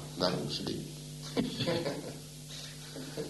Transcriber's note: laughter